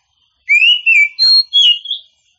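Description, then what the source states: Oriental magpie-robin song, one continuous phrase of loud slurred whistles, rising and falling, with a brief harsh note in the middle. Singing champion bird.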